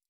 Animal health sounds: hydrophone in a shrimp aquaculture tank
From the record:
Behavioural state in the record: stressed

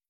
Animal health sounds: hydrophone in a shrimp aquaculture tank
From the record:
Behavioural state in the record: starved

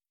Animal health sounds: hydrophone in a shrimp aquaculture tank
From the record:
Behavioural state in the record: starved

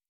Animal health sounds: hydrophone in a shrimp aquaculture tank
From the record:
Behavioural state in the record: normal

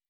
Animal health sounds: hydrophone in a shrimp aquaculture tank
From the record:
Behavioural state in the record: weakened

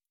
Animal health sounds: hydrophone in a shrimp aquaculture tank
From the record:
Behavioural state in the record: stressed

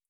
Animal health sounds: hydrophone in a shrimp aquaculture tank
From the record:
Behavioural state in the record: feeding

